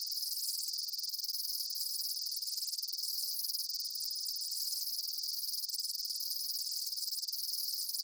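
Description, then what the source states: Insects fill the air with a continuous high buzzing trill, lower swells recurring roughly every two seconds over the steady chorus. Summer afternoon in a field.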